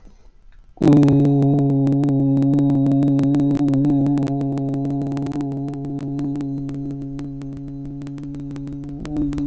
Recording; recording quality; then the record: sustained vowel as in boot; moderate, slight background noise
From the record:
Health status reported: healthy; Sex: male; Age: 24 years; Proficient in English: yes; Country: United States